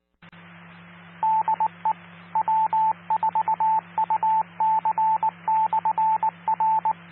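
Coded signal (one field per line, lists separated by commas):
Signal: Morse code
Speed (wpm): 19 wpm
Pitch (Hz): 880 Hz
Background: radio noise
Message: DE W4UC/R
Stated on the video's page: Live feed of Florida amateur radio repeaters and SKYWARN systems, recorded only when voice is detected.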